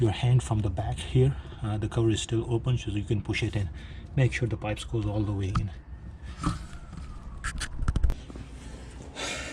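Someone talks while metal transmission fluid pipes are pushed by hand from the back, through the still-open cover, fully into their bores in a 62TE automatic transmission housing. A quick series of sharp clicks at 7.9, 8.0, 8.0 and 8.1 seconds marks the pipes seating all the way in.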